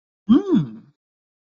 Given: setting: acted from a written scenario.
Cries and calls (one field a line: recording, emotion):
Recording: vocal sound without words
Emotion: interest